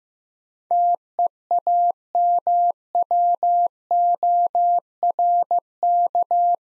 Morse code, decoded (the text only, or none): TEAMWORK